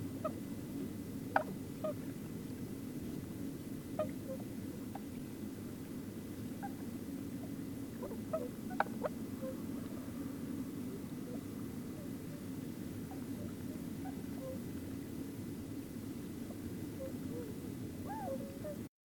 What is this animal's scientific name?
Cygnus columbianus